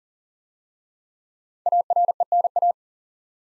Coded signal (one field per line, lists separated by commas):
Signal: Morse code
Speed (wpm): 39 wpm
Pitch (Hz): 700 Hz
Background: none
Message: ARENA